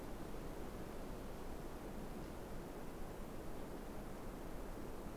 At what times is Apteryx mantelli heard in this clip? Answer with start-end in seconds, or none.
none